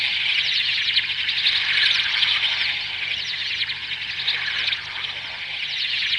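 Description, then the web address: Starlings in a flock, a dense continuous mass of clicking, whistling and twittering calls, with a steady low rumble underneath. "Zero-G Ambient 1 SCIFI ATMOS STARLINGS"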